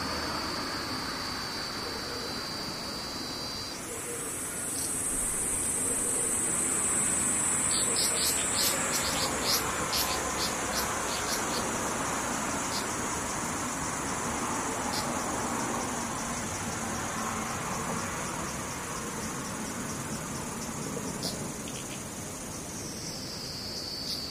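Cicadas buzz in a continuous high drone that jumps to a higher, brighter pitch around four seconds in and holds there until about twenty-two seconds, then drops back. Short clicking bursts punctuate the middle. A low rumble, like passing traffic, runs underneath throughout.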